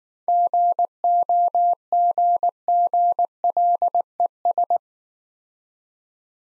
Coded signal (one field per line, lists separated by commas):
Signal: Morse code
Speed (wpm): 19 wpm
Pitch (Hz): 700 Hz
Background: none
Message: GOGGLES